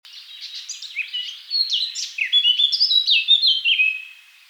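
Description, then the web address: Eurasian blackcap song that begins with soft, scratchy twittering, then breaks into a loud, clear warble of varied whistled phrases. "SETE Sylvia atricapilla"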